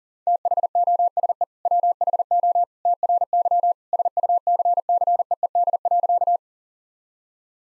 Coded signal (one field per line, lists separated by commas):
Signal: Morse code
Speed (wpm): 40 wpm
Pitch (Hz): 700 Hz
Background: none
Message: THOSE WHO TRY SUCCEED.